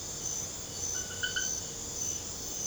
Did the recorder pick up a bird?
no